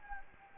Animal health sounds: mosquito wingbeat signal from an infrared sensor; Anopheles gambiae

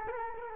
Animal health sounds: mosquito wingbeat signal from an infrared sensor; Culex quinquefasciatus

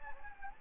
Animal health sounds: mosquito wingbeat signal from an infrared sensor; Anopheles gambiae

